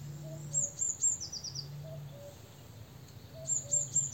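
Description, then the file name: Eurasian blue tit song: high, sharp notes running into a fast lower trill, then a second run of high notes, with faint low whistles and a low hum in the background. "Cyanistes caeruleus"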